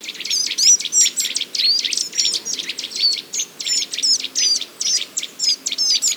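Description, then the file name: Eurasian nuthatch giving a dense, rapid series of sharp high notes in quick succession throughout. "Sitta europaea"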